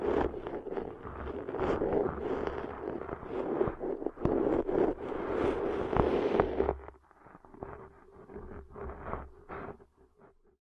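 Ear cleaning sounds: dense scratching, rubbing and crackling against a steady low hum and a constant mid tone. The scraping is thick and busy for the first seven seconds, then thins into softer, scattered rubs and taps with brief gaps until the end.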